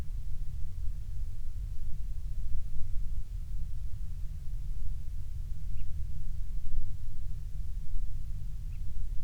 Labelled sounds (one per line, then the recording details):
grouse or ptarmigan
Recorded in the Prudhoe Bay oil fields, Alaska, on 12 July 2019 at 02:23
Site 16